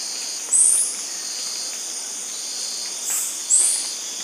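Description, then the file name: Bird giving two thin, high, upslurred notes about three seconds apart, over a steady high insect-like hiss. "SABIOD 50 bird 2015"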